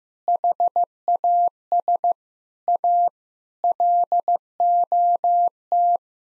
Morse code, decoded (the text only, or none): HAS A LOT